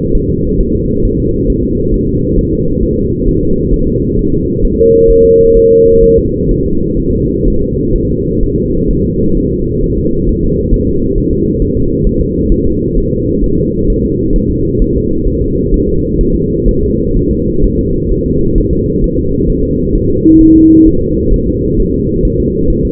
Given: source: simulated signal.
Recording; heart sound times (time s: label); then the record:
fetal heart sounds
0.15 s: S1
0.30 s: S2
0.61 s: S1
0.75 s: S2
1.05 s: S1
1.20 s: S2
1.50 s: S1
1.64 s: S2
1.94 s: S1
2.09 s: S2
2.39 s: S1
2.53 s: S2
2.83 s: S1
2.98 s: S2
3.28 s: S1
3.43 s: S2
3.74 s: S1
3.88 s: S2
4.19 s: S1
4.34 s: S2
4.65 s: S1
4.79 s: S2
5.11 s: S1
5.25 s: S2
5.57 s: S1
5.72 s: S2
6.04 s: S1
6.19 s: S2
6.52 s: S1
6.66 s: S2
7.00 s: S1
7.14 s: S2
7.48 s: S1
7.62 s: S2
7.96 s: S1
8.10 s: S2
8.43 s: S1
8.58 s: S2
8.91 s: S1
9.05 s: S2
9.37 s: S1
9.52 s: S2
9.84 s: S1
9.98 s: S2
10.29 s: S1
10.44 s: S2
10.74 s: S1
10.89 s: S2
11.18 s: S1
11.33 s: S2
11.62 s: S1
11.77 s: S2
12.07 s: S1
12.21 s: S2
12.52 s: S1
12.67 s: S2
12.98 s: S1
13.12 s: S2
13.44 s: S1
13.59 s: S2
13.90 s: S1
14.05 s: S2
14.36 s: S1
14.51 s: S2
14.82 s: S1
14.97 s: S2
15.28 s: S1
15.42 s: S2
15.74 s: S1
15.89 s: S2
16.21 s: S1
16.36 s: S2
16.69 s: S1
16.83 s: S2
17.17 s: S1
17.31 s: S2
17.64 s: S1
17.79 s: S2
18.12 s: S1
18.26 s: S2
18.58 s: S1
18.73 s: S2
19.04 s: S1
19.19 s: S2
19.50 s: S1
19.64 s: S2
19.95 s: S1
20.10 s: S2
20.41 s: S1
20.56 s: S2
20.88 s: S1
21.02 s: S2
21.34 s: S1
21.48 s: S2
21.80 s: S1
21.94 s: S2
22.25 s: S1
22.40 s: S2
22.70 s: S1
22.85 s: S2
From the record:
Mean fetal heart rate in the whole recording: 130 bpm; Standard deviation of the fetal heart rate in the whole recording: 4 bpm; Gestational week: 38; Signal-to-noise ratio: -15.3 dB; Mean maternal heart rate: 72 bpm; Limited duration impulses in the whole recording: present